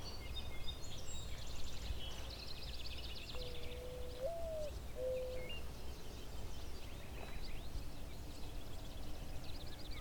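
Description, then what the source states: Mourning Dove song, a soft low coo that swells upward then falls, followed by a shorter steady coo, among trilling and chattering songs of other birds. Singing while perched atop bat boxes; sex not known; on a quiet morning.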